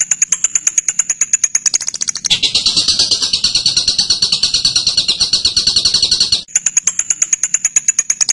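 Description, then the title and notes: Bird song: high, quick ticking chips give way to a long dense buzzy chatter, then the thin, rapid chips resume. Masteran: a birdsong training recording. "MASTERAN BURUNG. suarane manok"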